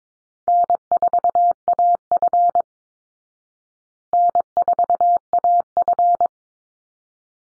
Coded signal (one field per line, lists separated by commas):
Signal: Morse code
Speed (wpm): 22 wpm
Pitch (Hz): 700 Hz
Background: none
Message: N4AF N4AF